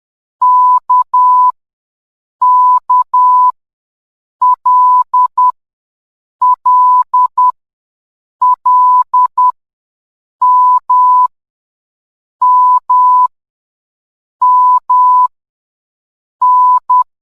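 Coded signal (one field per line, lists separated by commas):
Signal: Morse code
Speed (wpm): 10 wpm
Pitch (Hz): 1000 Hz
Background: none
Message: K K L L L M M M N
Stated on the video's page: Morse code alphabet lesson.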